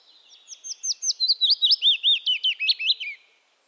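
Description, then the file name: Willow warbler song, a soft, sweet phrase of slurred whistled notes that gently descends in pitch. Subspecies acredula. "Phylloscopus trochilus acredula"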